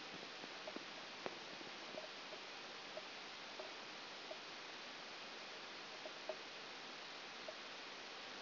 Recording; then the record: brain microelectrode recording played as sound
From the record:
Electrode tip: outside the subthalamic nucleus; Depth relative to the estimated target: -8 mm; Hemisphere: left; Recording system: AlphaMap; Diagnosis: Parkinson's disease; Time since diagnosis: 11 years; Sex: female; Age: 60 years